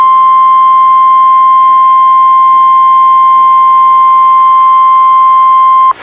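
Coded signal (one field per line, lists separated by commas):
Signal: Emergency Alert System (SAME) tones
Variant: 1050 Hz attention tone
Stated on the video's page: Mock alert remaking a real one, using valid tones.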